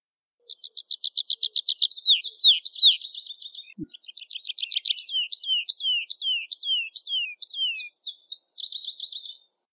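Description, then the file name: Tree pipit song: fast runs of high, sharp repeated notes that change into slower, looping slurred phrases, then a final rapid trill. "Prispolone"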